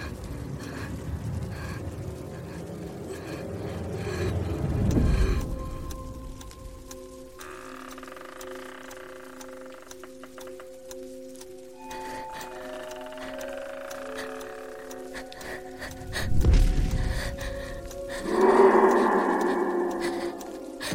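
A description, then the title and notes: An eerie abandoned-city atmosphere: deep rumbling swells rise and fade, peaking around five seconds and again near sixteen to nineteen seconds. Between them, steady held tones hum and step between pitches, and a brighter hissing burst arrives near nineteen seconds. Eerie atmosphere of abandoned city.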